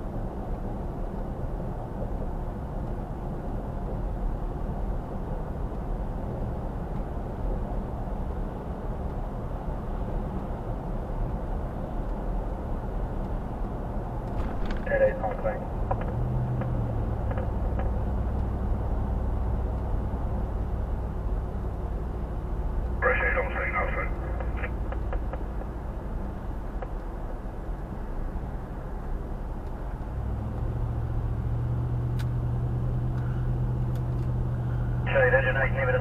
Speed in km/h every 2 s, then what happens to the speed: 69, 71, 71, 72, 74, 76, 76, 76, 72, 72, 72, 69, 69, 68, 61, 58, 61, 63.
0-14 steady at about 72. 14-29 slows to 58. 29-36 steady at about 61.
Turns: none.